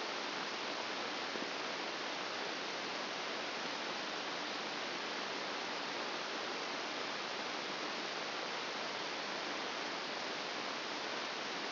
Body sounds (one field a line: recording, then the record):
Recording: brain microelectrode recording played as sound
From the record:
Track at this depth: outside the subthalamic nucleus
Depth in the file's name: 2.773 mm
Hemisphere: left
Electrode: 2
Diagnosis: Parkinson's disease